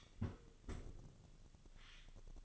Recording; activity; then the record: daily activity, microphone in the room; close fridge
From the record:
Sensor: 4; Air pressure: 1008.6 hPa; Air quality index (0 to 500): 72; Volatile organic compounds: 1 ppm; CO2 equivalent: 626 ppm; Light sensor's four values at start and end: 12/27/11/11 and 13/29/12/12